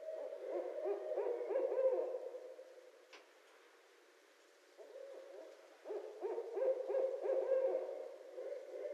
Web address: Barred Owl 2012 02 24 Barred Owl